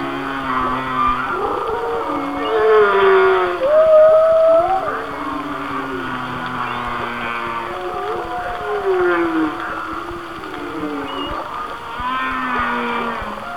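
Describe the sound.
Whale song of drawn-out moans and gliding whistles, a loud squeal early on, then lower wavering tones against a hissing background.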